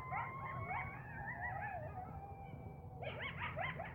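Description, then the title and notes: Coyotes giving drawn-out wavering howls that slide up and down, then a burst of higher yipping notes near the end, over a low background rumble. More than one coyote, in a yard, recorded January 31. "Coyotes in my yard - Jan 31 by Heather Schlegel"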